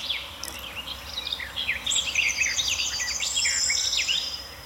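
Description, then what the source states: Garden Warbler song: a continuous, rich, rapid warble of varied high notes flowing without pause, over a thin steady high-pitched tone and soft background hiss. Singing at the edge of an anthill in a shallow hollow with a hornbeam in the middle, as warm golden sunlight floods in.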